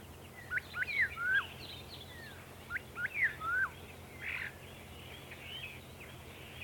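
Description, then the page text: Common starling singing a jumble of quick whistled slurs and squeaky sweeps, with a brief rasping burst in between, over a constant low hum. Birdsong. "Скворец - Пение птиц"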